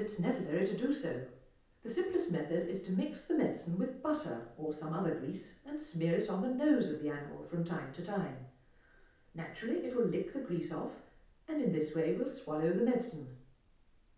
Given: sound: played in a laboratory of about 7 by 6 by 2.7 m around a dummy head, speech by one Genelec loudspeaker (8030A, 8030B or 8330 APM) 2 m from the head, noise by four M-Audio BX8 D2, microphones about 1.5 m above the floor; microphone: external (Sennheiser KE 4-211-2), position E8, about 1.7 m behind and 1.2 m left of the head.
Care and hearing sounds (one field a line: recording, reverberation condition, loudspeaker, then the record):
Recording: female speech in English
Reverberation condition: medium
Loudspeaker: 30 degrees to the left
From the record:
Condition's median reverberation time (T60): about 510 ms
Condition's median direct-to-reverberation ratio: about -0.5 dB